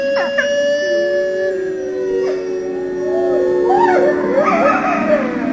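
Wolves howl together in long, steady, overlapping tones, then a chorus of wavering, yipping cries rises and joins in toward the end. No one speaks.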